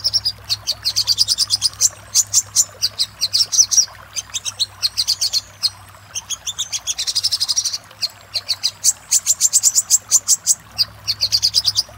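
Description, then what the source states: Little spiderhunter song, a rapid series of sharp high chips and fast trilled runs, with brief pauses. Master song for training cage birds; local name sogok ontong.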